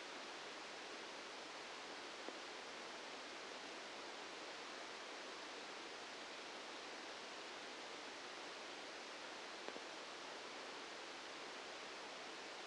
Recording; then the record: brain microelectrode recording played as sound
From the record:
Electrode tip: outside the subthalamic nucleus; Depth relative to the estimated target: -4 mm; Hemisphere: left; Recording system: NeuroSet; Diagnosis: Parkinson's disease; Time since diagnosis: 8 years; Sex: male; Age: 65 years